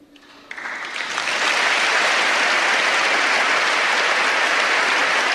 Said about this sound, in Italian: Ecco, poi naturalmente lunghissimo applauso